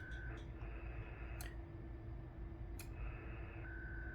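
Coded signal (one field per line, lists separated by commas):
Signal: packet radio (AX.25, as in APRS)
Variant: 300 baud HF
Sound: steady tone, a click, then a short warbling data burst, then steady tone again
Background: radio static, low hum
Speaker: this little guy is going to start transmitting, and we'll hear packets over here.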